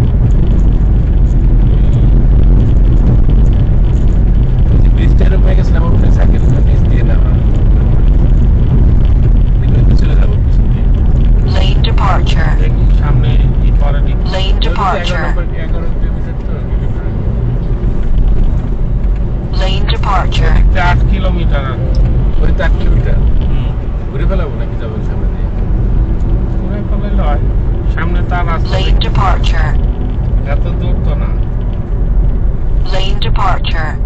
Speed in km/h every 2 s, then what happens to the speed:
81, 84, 85, 88, 88, 85, 79, 78, 74, 62, 64, 66, 63, 69, 74, 73, 65.
0-8 speeds up to 88. 8-18 slows to 62. 18-24 steady at about 63. 24-29 speeds up to 74. 29-34 slows to 65.